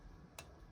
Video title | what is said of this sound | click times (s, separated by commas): Stevens Model 36 - The Gun You’ve Never Heard Of - .22 Single Shot | yeah I want to just pops right pops right in | 0.4 s